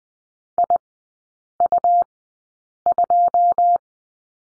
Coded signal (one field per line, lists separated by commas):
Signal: Morse code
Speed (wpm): 20 wpm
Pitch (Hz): 700 Hz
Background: none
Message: IU2